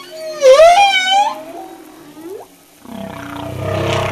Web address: humpback whale